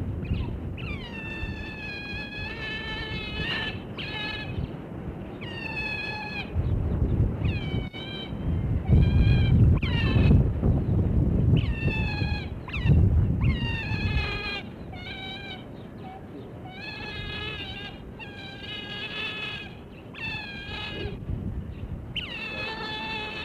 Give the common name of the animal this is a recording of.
European Otter